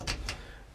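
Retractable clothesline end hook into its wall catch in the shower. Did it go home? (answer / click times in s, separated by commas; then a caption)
yes / 0.3 s. The end hook of the retractable clothesline in the shower of a 2017 Airstream International Serenity 27FB Twin is pulled across and hooked into its wall catch. A short, sharp click is heard at 0.3 s, following a softer knock at the very start. The clothesline hooks in and locks in place.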